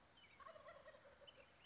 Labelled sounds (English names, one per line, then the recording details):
Wild Turkey
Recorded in Sonoma County, California